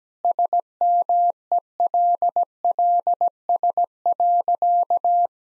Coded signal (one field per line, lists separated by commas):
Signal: Morse code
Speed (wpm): 17 wpm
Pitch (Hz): 700 Hz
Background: none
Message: SMELLS.